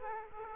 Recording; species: mosquito wingbeat signal from an infrared sensor; Aedes aegypti